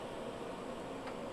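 The three jaws of a chuck rotary for a laser engraver are held together while the chuck is slowly tightened by hand. Only a steady broadband hum with a low-mid tone around 500 Hz is heard throughout. Nothing has seated or clicked yet.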